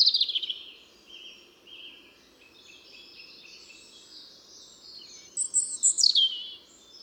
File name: Erithacus rubecula